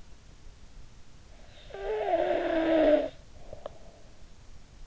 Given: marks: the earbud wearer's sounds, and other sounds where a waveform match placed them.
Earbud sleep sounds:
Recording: sounds in sleep by an in-ear microphone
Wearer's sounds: snoring breath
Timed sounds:
1.48-4.16 s: snoring breath

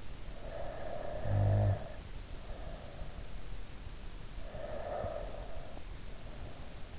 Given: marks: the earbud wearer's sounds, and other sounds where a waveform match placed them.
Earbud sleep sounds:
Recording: sounds in sleep by an in-ear microphone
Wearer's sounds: snoring breath, breath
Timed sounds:
0.25-3.22 s: snoring breath
4.36-6.99 s: breath

